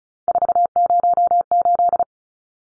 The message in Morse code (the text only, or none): 408